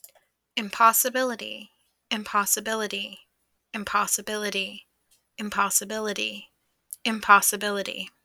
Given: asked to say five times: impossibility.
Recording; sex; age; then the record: repeated word; female; 20 to 29 years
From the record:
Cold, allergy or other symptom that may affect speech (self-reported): no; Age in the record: 25 years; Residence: United States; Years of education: 13